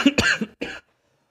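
Two or three short, dry cough bursts from an adult man in quick succession, picked up over his microphone, then silence: an ordinary cough.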